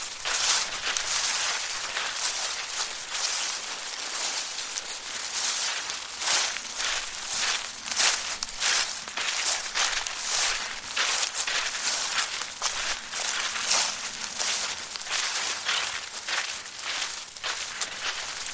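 Footsteps crunch through crisp dry leaves, each step a bright, crackling burst. The steps come at a steady walking pace, roughly one or two a second, over a constant light rustle. No other sounds stand out.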